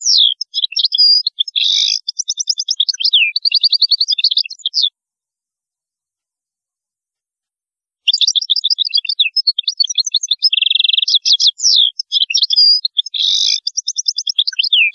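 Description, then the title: European goldfinch song, long runs of rapid tinkling twitters and buzzy trills, a pause of about three seconds, then another extended twittering passage. "Chant Chardonneret"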